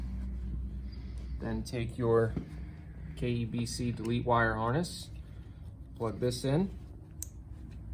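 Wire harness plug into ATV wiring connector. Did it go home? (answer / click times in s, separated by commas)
yes / 7.2 s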